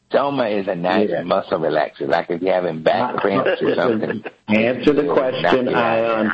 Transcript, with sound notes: Soma is a nice muscle relaxer. Like, if you’re havin’ back pains or somethin’. [chuckles]
Answer the question, iON.